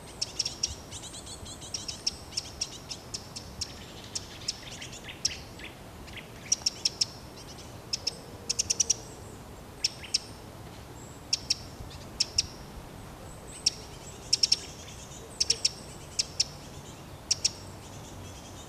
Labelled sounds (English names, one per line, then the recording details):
Eurasian Wren call
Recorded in the wild
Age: adult
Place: Liepnitzsee, Naturpark Barnim, Brandenburg, DE
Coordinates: 52.7364, 13.5053
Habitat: coniferous forest
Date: 2013-08-16
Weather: cloudy, 15°C
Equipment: Olympus LS-3, Olympus ME31
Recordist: Frommolt, Karl-Heinz